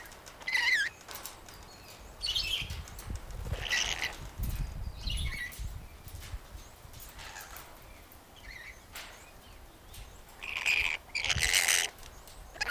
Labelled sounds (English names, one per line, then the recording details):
Yellow-bibbed Lory call
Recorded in captivity
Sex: group
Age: adult
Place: Tierpark Berlin, Berlin, DE
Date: 2002-09-16 13:46
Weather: bedeckt (Wolken wechselnd), ca. 16 - 17°C
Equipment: Nagra SN, Kopie Uher 4000 Report Monitor
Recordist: Tembrock, Günter
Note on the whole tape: Mehrere Exemplare (einer vorwiegend am Gitter): diverse Lautformen, auf Beobachter bezogen, aber auch zwischen den Tieren (Kurzlaute zu Anfang)